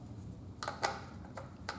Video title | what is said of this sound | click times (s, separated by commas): Savage B22 BNS-SR Unboxing | um there it is clicks right into place and then it's flush which i kind of like | 1.7 s